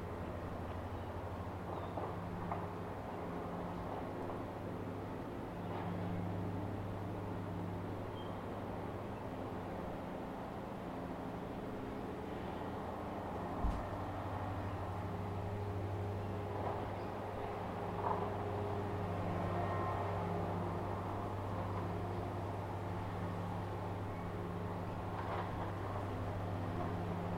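Steady outdoor ambience above Tamarama Beach near Sydney, dominated by a constant low hum with a strong, unchanging drone. Faint, scattered knocks and clicks come and go throughout, with a single sharp thump near the middle, while the level stays even.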